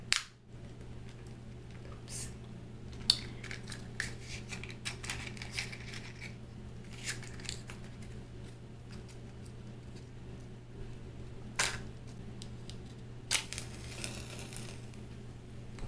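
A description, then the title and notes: Scattered light taps and glassy clicks, with a brief scratchy burst near the end, over a steady low hum throughout. Match Lighting Extinguishing. Tapping. Glass Sounds.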